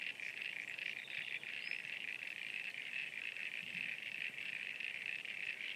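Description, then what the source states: Frogs trilling together in an unbroken high, rapidly pulsed chorus that holds steady from start to finish. At Sunny Corner.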